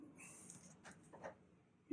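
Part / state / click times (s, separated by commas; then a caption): ethernet cable plug into network tuner port / not seated / none. An Ethernet cable is unravelled and handled before being plugged into the port of a network tuner, giving soft rustling and scraping with a brief sharper rattle around 0.5 s. Nothing has clicked into the port yet; this is only handling of the cable.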